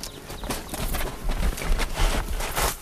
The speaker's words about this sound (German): Ruhig, das sind Pferde. Die Biegung verhindert, dass wir sehen, was auf uns zukommt.